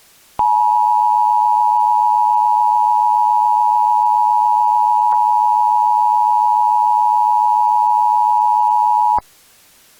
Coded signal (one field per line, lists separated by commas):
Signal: Emergency Alert System (SAME) tones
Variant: 853 and 960 Hz attention tone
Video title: EAS Scenario - Vampire Hunters (Recombined)